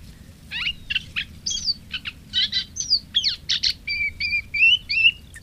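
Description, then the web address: Moustached warbler song: fast, jumbled chirps and sweeping notes, then a few repeated whistled figures near the end. "agykontroll Madardalok Cd 3. Fülemülesitke"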